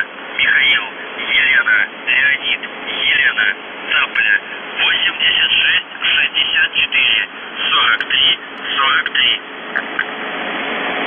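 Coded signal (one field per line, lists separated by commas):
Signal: numbers station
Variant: UVB-76, Russian voice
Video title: The Buzzer/UVB-76(4625Khz) November 25+26, 2021 Voice messages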